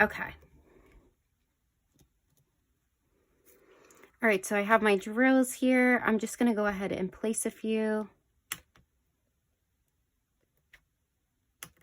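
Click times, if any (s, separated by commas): 8.5 s, 10.7 s, 11.6 s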